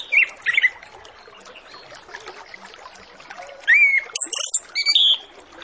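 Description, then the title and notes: Orange-headed Thrush song: a brief warbled phrase at the start, a long hissy gap, then a varied run of slurred whistles and sharp high notes. Full-fill master recording used as a lure to get Orange-headed Thrushes to sing quickly and openly. "Masteran Anis Kembang Full Isian Untuk Suara Pancingan Anis Kembang Agar Cepat Ngeplong. Suara Burung Anis Kembang"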